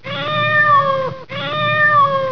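Cat giving two drawn-out, near-identical meows back to back, each lasting about a second.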